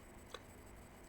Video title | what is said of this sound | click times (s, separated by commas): GioTeck EX-01 Playstation 3 Bluetooth headset Earhook Replacement | until you hear a click | 0.4 s